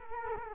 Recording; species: mosquito wingbeat signal from an infrared sensor; Culex quinquefasciatus